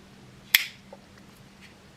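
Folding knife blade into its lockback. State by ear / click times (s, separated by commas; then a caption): seated / 0.6 s. The blade of the second of two Spyderco folding knives is flicked open, and its lockback engages with a single sharp, bright snap at 0.6 s. The snap is followed by faint small ticks near 0.9 s and 1.2 s over a low steady hum. The blade locks open and seats firmly.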